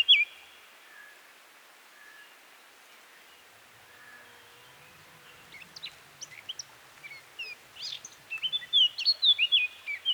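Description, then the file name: Eurasian blackcap song: soft scattered notes that build into a quick, loud, jumbled warbling phrase near the end. "Sylvia atricapilla"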